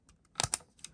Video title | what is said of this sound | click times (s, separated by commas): How To Replace The “Brake Sponge” On The Bond Elite Knitting Machine (And Or Ribber) | and there we are that's popped into place | 0.4 s, 0.5 s